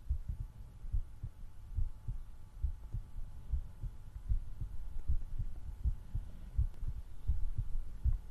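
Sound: rapid pounding heartbeat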